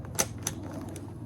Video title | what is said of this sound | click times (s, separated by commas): Nidecker Supermatic - Honest review from Poland ENG | and three clicks | 0.2 s, 0.5 s, 1.0 s